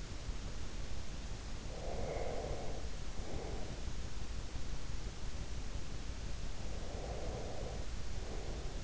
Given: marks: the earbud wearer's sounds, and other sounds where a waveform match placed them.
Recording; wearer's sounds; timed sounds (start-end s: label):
sounds in sleep by an in-ear microphone; breath
1.70-4.07 s: breath
6.50-8.84 s: breath